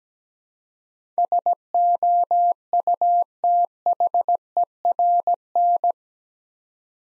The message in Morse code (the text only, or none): SOUTHERN